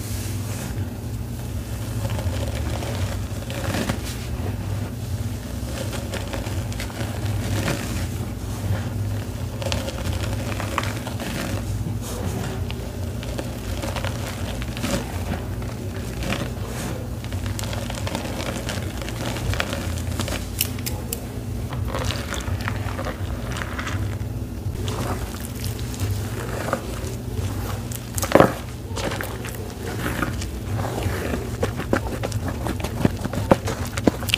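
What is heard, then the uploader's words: Watermelon paste being reshaped into slabs: soft wet squishes and pats over a steady low hum, with a sharper knock near 28 seconds. Reforming my watermelon paste into some watermelon slabs.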